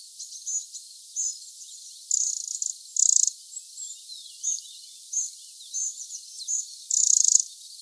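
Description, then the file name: Eurasian wren giving short bursts of high rattling notes, with louder, longer bursts in the middle and near the end, over steady background hiss. "Troglodytes troglodytes"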